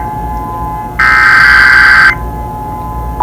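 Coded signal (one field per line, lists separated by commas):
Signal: Emergency Alert System (SAME) tones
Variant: header bursts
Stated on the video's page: Fictional EAS scenario.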